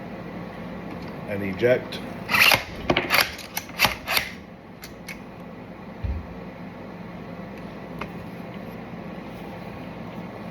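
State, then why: Not seated. A steel bolt carrier group in a rifle upper receiver is cycled by hand to extract and eject rounds, with the bolt catch to hold it open on an empty magazine. Someone talks, then sharp metallic clacks and rattles of the action come around 2.4–4.2 s, followed by a few fainter ticks. Nothing has seated or locked back yet.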